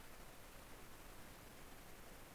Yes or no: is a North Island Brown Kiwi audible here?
no